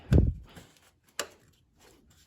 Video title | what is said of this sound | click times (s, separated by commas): How to change your oil | there's the click | 1.2 s